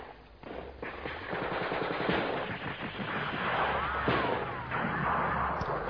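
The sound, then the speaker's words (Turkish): Sustained gunfire of a battle between Turkish and Greek forces, not far off: rapid bursts of machine-gun fire mixed with scattered single shots and dull thuds, loud and continuous for the whole stretch, with no voices. “Evet, bizimkilerle Yunan kafirleri çatışmaya girmişler.”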